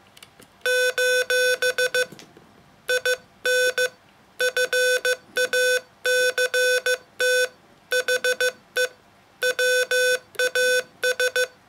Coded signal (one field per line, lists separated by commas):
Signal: Morse code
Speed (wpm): 15 wpm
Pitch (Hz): 500 Hz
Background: none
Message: : IN FACT HE WAS